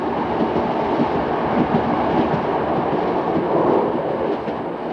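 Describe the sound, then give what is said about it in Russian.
A train bound for Shutikhinsk, a three-day journey, rolls steadily along the rails, a loud continuous rumble with a faint rhythmic clickety-clack of wheels running through it. No voices. “Поезд до Шутихинска ползет 3 суток.”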